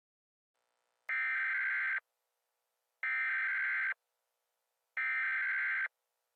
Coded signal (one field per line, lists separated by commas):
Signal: Emergency Alert System (SAME) tones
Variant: header bursts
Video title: EAS Scenario: The Malibu Prison Break